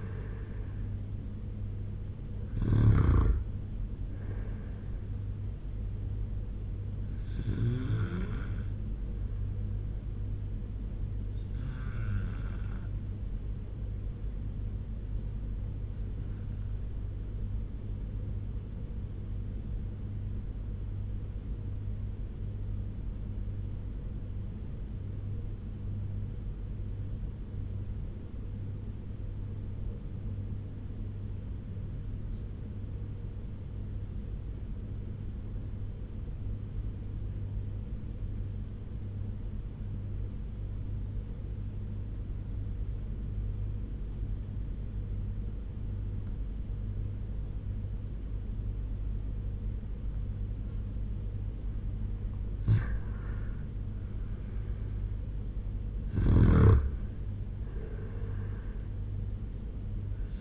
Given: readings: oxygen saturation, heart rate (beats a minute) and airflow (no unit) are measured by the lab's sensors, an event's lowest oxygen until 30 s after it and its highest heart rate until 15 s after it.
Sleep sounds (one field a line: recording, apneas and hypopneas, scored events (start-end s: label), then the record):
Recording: breathing in sleep by a smartphone at the bedside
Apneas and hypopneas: 1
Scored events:
18.00-54.30 s: obstructive apnea (N1, oxygen 97% highest, then 85% lowest, heart rate 85 at the start, 93 highest)
19.00-60.41 s: new sleep stage, REM sleep
From the record:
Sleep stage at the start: N1 (lightest sleep)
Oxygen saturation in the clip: 81 to 97%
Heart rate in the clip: 79 to 93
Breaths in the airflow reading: 4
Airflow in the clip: -8.0 to 6.8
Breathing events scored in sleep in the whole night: 201 in 6.5 hours asleep